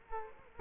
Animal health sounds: mosquito wingbeat signal from an infrared sensor; Culex quinquefasciatus

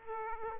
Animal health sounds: mosquito wingbeat signal from an infrared sensor; Aedes aegypti

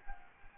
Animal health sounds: mosquito wingbeat signal from an infrared sensor; Culex quinquefasciatus

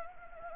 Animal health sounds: mosquito wingbeat signal from an infrared sensor; Anopheles arabiensis

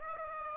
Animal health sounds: mosquito wingbeat signal from an infrared sensor; Aedes aegypti

